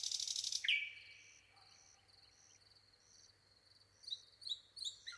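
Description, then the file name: Common nightingale song: a loud buzzy burst, then a falling whistle, then a run of short high notes, ending in varied chirps. "Luscinia megarhynchos"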